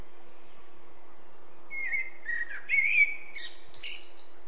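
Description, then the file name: Eurasian blackbird giving a brief song phrase: soft, low, flute-like notes climbing and falling, then a burst of high, thin twitters, over a faint continuous hum. "Turdus merula"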